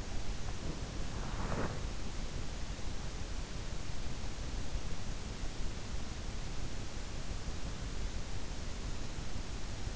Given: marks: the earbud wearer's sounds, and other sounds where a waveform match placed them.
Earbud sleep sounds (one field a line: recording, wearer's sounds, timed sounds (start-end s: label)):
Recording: sounds in sleep by an in-ear microphone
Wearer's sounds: body movement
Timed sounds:
0.00-2.63 s: body movement